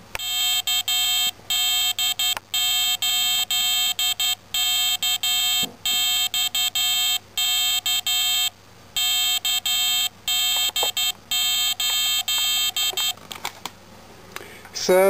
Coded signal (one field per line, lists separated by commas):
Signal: Morse code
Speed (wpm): 12 wpm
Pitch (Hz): 3150 Hz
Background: speech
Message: KD8KXK KD8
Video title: Arduino Morse Code Callsign Player